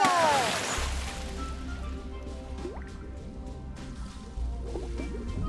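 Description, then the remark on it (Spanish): A loud splash as divers wearing goggles, snorkels and fins plunge into water to dive, followed by a steady low underwater rumble with scattered bubbling gurgles and rising burbles. “¡Al agua, patos!”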